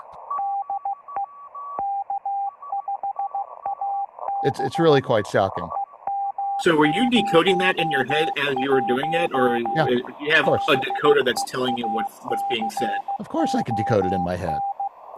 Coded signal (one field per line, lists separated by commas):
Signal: Morse code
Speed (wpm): 15 wpm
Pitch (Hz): 800 Hz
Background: speech, radio noise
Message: DE K5AB EM01 BEACON